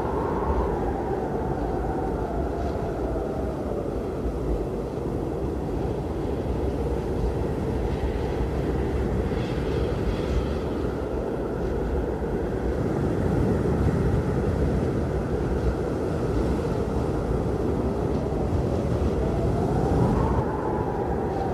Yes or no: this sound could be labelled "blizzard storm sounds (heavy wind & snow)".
yes